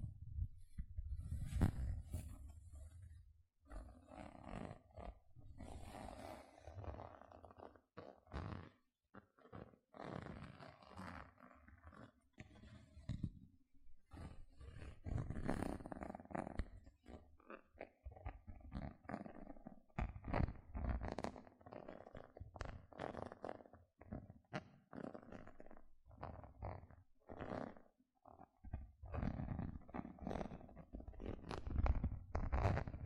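Gentle scratching sounds come in short, uneven bursts and rough strokes, some low and rumbling, others reaching into a bright, hissy top. The strokes are dense and irregular, broken by brief silences around 8, 14 and 28 seconds.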